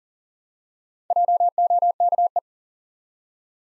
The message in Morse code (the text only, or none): JOKE